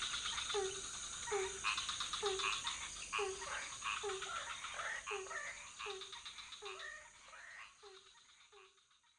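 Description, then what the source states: Frogs in chorus: repeated short falling notes near once per second plus dense rattling calls, the whole chorus gradually fading toward the end. Several frog species calling at night in a pond near a hotel in Ubud, Bali, Indonesia; recorded with Sony PCM D50, Rode NT4 and boompole.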